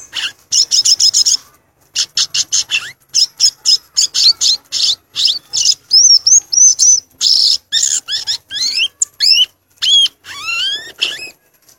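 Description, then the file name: Violaceous euphonia song: quick bursts of high chatter, then a string of clear whistles that sweep upward and downward, varied and nonstop over about twelve seconds. "canto do gaturamo verdadeiro"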